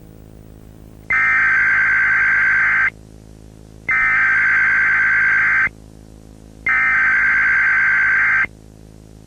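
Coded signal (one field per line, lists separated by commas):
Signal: Emergency Alert System (SAME) tones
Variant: header bursts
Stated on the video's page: Fictional scenario alert about a blast furnace, not a real activation.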